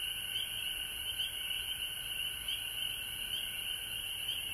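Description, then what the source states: Frogs chorusing with a high pulsing trill that swells and fades over a steady background drone. Recorded at home in Georgia on March 19, 2020.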